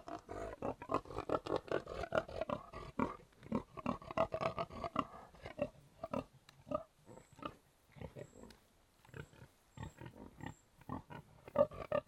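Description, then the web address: Pigs grunting steadily in dense, rasping bursts, then thinning into separate snorts with short gaps. "The BBC Sound Effects Library - Complete 60 CDs Collection (Livestock) Pigs Grunting"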